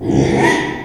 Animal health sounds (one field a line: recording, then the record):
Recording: squeal of a Yucatan mini pig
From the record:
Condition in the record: after surgery on the right vocal fold (resection and tissue-engineered implant)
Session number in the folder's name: 3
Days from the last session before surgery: 33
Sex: male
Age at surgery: 12 weeks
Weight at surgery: 13 kg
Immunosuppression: cyclosporine, prednisolone